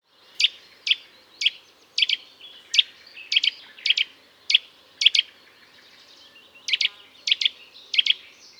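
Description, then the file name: Eurasian nuthatch giving sharp, high, clipped notes, often doubled, repeated about every half second in a steady series with a pause of about one and a half seconds after the fifth second. "Sitta europaea"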